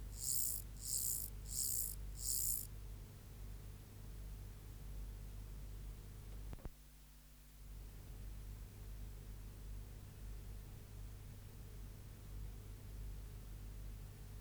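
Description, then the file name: Mottled grasshopper stridulation: four quick, dry buzzing pulses at the start, followed by a thump and then only faint background hum. "Myrmeleotettix maculatus"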